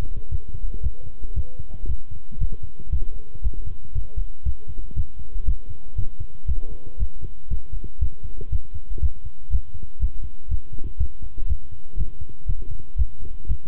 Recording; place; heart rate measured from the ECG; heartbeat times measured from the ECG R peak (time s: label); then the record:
heart sounds by stethoscope; between the tricuspid and mitral areas; 118 bpm
0.31 s: heartbeat
0.83 s: heartbeat
1.36 s: heartbeat
1.88 s: heartbeat
2.40 s: heartbeat
2.92 s: heartbeat
3.44 s: heartbeat
3.95 s: heartbeat
4.45 s: heartbeat
4.96 s: heartbeat
5.47 s: heartbeat
5.97 s: heartbeat
6.48 s: heartbeat
6.99 s: heartbeat
7.50 s: heartbeat
8.01 s: heartbeat
8.52 s: heartbeat
9.02 s: heartbeat
9.52 s: heartbeat
10.01 s: heartbeat
10.50 s: heartbeat
10.99 s: heartbeat
11.49 s: heartbeat
11.98 s: heartbeat
12.48 s: heartbeat
12.98 s: heartbeat
13.49 s: heartbeat
From the record:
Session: walking at 3.7 km/h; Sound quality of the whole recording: good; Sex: male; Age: 25 years